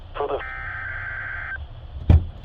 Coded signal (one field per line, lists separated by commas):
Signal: Emergency Alert System (SAME) tones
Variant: header bursts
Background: speech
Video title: NOAA EAS Alert #40: KWO37 Required Weekly Test